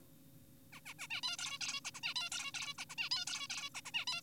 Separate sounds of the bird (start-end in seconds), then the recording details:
0.73-0.80, 0.86-0.94, 0.99-1.07, 1.10-1.21, 1.23-1.37, 1.38-1.58, 1.61-1.80, 1.85-1.91, 1.94-2.00, 2.03-2.14, 2.16-2.30, 2.32-2.52, 2.54-2.74, 2.78-2.85, 2.90-2.95, 2.98-3.09, 3.11-3.25, 3.27-3.47, 3.50-3.70, 3.75-3.81, 3.86-3.92, 3.94-4.05, 4.08-4.21. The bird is an adult. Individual g4p5U